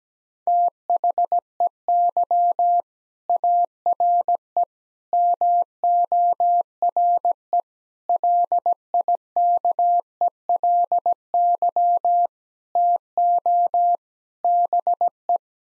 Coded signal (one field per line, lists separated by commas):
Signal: Morse code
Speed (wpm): 17 wpm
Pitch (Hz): 700 Hz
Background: none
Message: THEY ARE MORE LIKELY TO BE